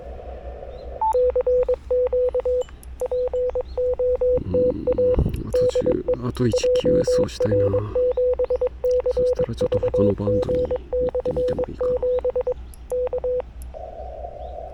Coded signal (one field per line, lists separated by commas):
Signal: Morse code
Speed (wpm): 22 wpm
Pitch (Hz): 500 Hz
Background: speech, radio noise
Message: CQ POTA DE JR7CVG/7 K